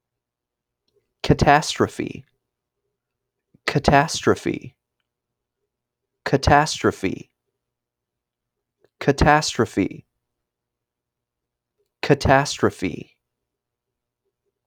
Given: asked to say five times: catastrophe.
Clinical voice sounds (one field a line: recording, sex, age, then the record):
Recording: repeated word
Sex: male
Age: 30 to 39 years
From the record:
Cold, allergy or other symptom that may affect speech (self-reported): no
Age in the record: 35 years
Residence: Ohio, United States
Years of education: 13